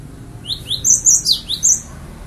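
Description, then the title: Bird chirping in a quick series of high, thin upslurred notes, with bright sharper chips overlapping in the middle of the phrase. "kikicau"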